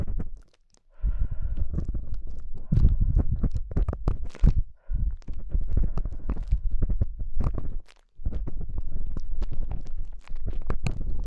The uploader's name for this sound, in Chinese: 用各种棒棒清理你的耳朵